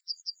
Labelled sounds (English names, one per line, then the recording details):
Yellowhammer song
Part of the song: start
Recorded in the Czech Republic on 10 May 2013
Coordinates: 49.730, 16.992
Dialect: BC
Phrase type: B6
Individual 290269